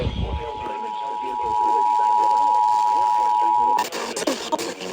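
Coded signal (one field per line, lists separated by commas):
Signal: Emergency Alert System (SAME) tones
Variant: 853 and 960 Hz attention tone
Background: speech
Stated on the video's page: Tornado Warning received on WTMJ, plus a Severe Thunderstorm Warning.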